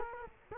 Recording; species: mosquito wingbeat signal from an infrared sensor; Culex quinquefasciatus